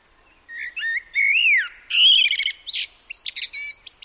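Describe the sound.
Common blackbird singing a rich, mellow fluted phrase that slides up and down, ending in a rapid burst of high, squeaky twittering notes.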